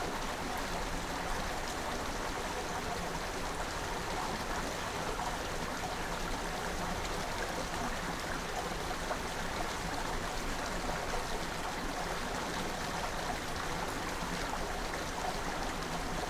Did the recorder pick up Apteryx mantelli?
no